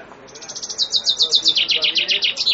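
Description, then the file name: Common chaffinch song phrase: a fast series of bright repeated notes stepping lower in pitch, then a quick downward stroke. "fringuello"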